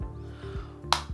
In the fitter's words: wow that's a nice click the hinge is strong